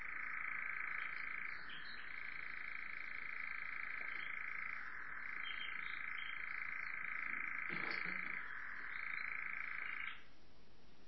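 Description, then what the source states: European nightjar giving a long, unbroken churr, a dry rapid trill on an even pitch with brief wavers, stopping abruptly near the end. Heathland at dusk on a sultry August evening.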